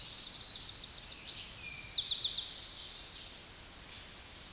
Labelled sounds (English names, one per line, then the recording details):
Eastern Towhee song
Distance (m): 30 m
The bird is about 5 m above the microphone
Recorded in a Pennsylvania forest on 16 May 2024 at 09:52
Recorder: AudioMoth, point MSD-2143
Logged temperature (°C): 16.0 °C
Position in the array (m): 68 m, 181 m